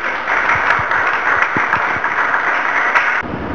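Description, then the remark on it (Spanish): A crowd applauds steadily to welcome a biologist invited to speak, a dense, even wash of many hands clapping at a loud, constant level for a few seconds before it drops off sharply near the end. “La recibamos con un fuerte aplauso, por favor.”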